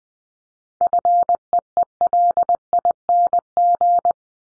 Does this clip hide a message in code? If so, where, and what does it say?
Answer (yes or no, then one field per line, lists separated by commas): yes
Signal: Morse code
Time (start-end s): 0.8-4.1 s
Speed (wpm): 20 wpm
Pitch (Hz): 700 Hz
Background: none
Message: FEELING